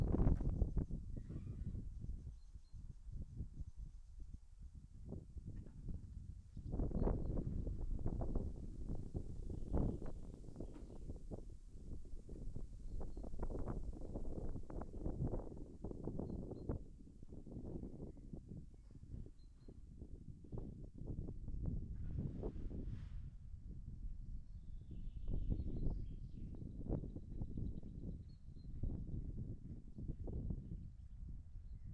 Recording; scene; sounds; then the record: everyday scene through a hearing-aid microphone; wind on the microphone; wind, other noises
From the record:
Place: in front of a rural house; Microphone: behind the ear, left, front